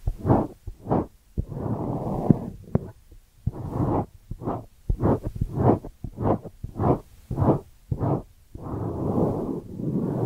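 Ear cleaning sounds made up of short rubbing, rustling swipes that come in quick bursts, about one or two per second, with longer continuous scratchy stretches around two, four and near the end. The texture is soft and airy, mostly low to mid pitched, with brief silences between strokes.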